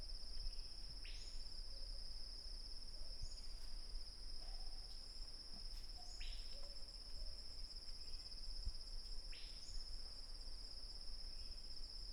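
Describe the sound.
Bird giving repeated short downward chirps a few seconds apart, under a constant shrill insect drone.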